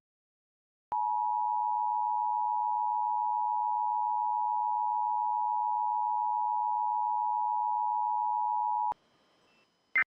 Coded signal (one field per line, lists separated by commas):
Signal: Emergency Alert System (SAME) tones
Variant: 853 and 960 Hz attention tone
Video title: IP - REQUIRED WEEKLY TEST CHAOS PT 2 - NO EAS